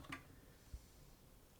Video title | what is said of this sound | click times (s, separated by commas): How to Make a Magnetic QiYi Warrior W Speed Cube (Works for Many Other Rubik's Cubes Too!) | and I'm holding it in between my right thumb and right index finger and you'll hear it snap into place there | 0.1 s